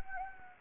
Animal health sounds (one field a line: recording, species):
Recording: mosquito wingbeat signal from an infrared sensor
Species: Anopheles gambiae